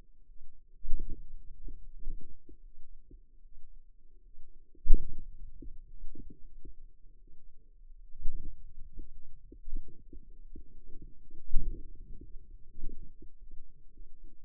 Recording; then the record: forearm muscle sounds (acoustic myography)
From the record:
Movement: hand opening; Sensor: system 2, bracelet of six BSWA MPA416 microphones around the upper forearm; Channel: 2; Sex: female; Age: 23 years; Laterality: right